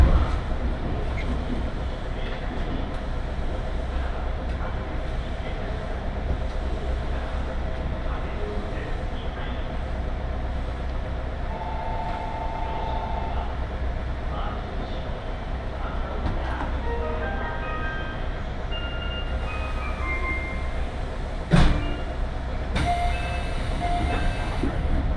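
A train ride on the Tokaido Main Line: steady low rumble throughout, brief tonal whines and chatter midway, and a sharp bang near twenty-two seconds.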